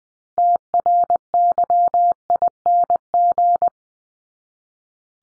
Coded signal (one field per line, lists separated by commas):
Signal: Morse code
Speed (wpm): 20 wpm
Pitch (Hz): 700 Hz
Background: none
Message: TRYING